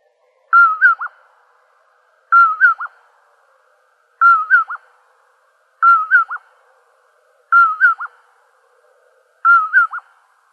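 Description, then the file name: Common poorwill repeating its whistled three-part song, the last note short and dropping, given six times at roughly two-second intervals with no other sounds. Recorded in Arizona on 23 April 2003. "COPO 2 deviche"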